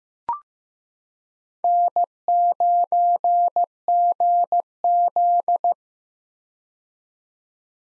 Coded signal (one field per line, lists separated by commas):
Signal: Morse code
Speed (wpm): 15 wpm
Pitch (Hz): 700 Hz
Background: none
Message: N9GZ